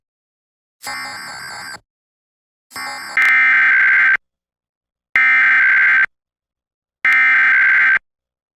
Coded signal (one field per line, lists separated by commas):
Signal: Emergency Alert System (SAME) tones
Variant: header bursts